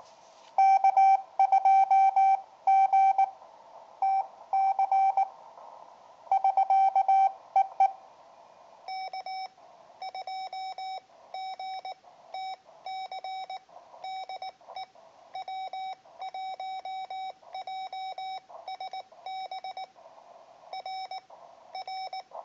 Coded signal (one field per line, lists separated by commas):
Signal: Morse code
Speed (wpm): 19 wpm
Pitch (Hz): 770 Hz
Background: none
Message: K2GTC <SK> EE K2GTC DE W1JSB R R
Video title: 80m qrp contact w/K2GTC in NYC